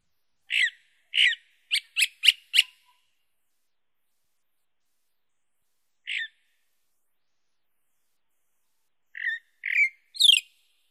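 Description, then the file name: Chalk-browed mockingbird giving a burst of six quick sharp notes, a lone note after a pause, then a few rising slurred whistles near the end. "sabia do campo"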